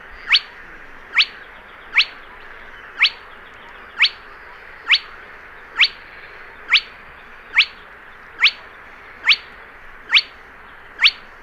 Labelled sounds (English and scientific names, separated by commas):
Spotted Crake (Porzana porzana)